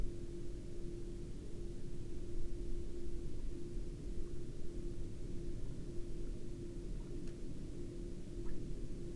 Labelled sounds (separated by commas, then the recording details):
man-made sound
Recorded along the Dalton Highway, Alaska, on 23 October 2019 at 02:41
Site 07